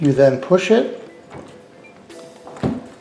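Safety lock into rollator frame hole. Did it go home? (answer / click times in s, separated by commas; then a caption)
yes / 2.6 s. A plastic safety lock pin is inserted into the hole on the metal frame of a Hugo Mobility 700-961 Elite rollator walker and pushed. Someone talks, then after some faint handling noise the pin clicks into place at 2.6 s, seating the lock so it cannot come out even if the button is pressed.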